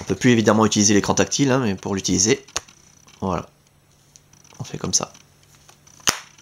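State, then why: Seated. A clip-on plastic screen protector cover is fitted onto an HP iPaq 6815 PDA while someone talks. After some quieter handling clicks, a sharp snap at 6.1 s marks the cover clipping into place, seated on the device.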